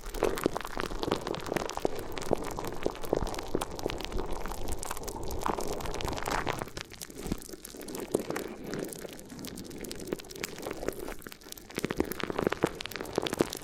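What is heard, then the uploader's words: Crinkly ear massage: dense, constant crinkling and rustling with sharp crackles throughout, easing slightly around seven seconds before building again. ASMR Addictive Crinkly Ear Massage (No Talking).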